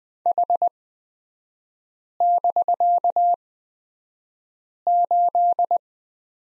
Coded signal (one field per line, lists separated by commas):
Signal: Morse code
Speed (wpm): 20 wpm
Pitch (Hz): 700 Hz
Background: none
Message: H<BK>8